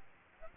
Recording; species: mosquito wingbeat signal from an infrared sensor; Aedes aegypti